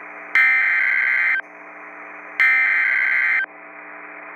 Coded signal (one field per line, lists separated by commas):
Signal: Emergency Alert System (SAME) tones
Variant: header bursts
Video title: Severe Thunderstorm Warning BIS,ND EAS#61